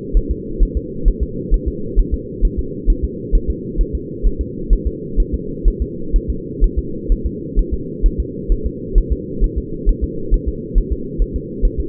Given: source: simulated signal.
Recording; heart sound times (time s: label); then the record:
fetal heart sounds
0.17 s: S1
0.31 s: S2
0.63 s: S1
0.77 s: S2
1.08 s: S1
1.23 s: S2
1.54 s: S1
1.68 s: S2
1.99 s: S1
2.14 s: S2
2.45 s: S1
2.59 s: S2
2.90 s: S1
3.04 s: S2
3.35 s: S1
3.50 s: S2
3.81 s: S1
3.95 s: S2
4.27 s: S1
4.41 s: S2
4.73 s: S1
4.87 s: S2
5.20 s: S1
5.34 s: S2
5.68 s: S1
5.82 s: S2
6.16 s: S1
6.30 s: S2
6.64 s: S1
6.78 s: S2
7.12 s: S1
7.26 s: S2
7.59 s: S1
7.74 s: S2
8.06 s: S1
8.20 s: S2
8.52 s: S1
8.66 s: S2
8.98 s: S1
9.12 s: S2
9.44 s: S1
9.58 s: S2
9.89 s: S1
10.04 s: S2
10.34 s: S1
10.48 s: S2
10.78 s: S1
10.93 s: S2
11.22 s: S1
11.36 s: S2
11.65 s: S1
11.80 s: S2
From the record:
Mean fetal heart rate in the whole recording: 130 bpm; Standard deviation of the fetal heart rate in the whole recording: 4 bpm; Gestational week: 38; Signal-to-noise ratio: -4.3 dB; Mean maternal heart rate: 72 bpm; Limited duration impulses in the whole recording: absent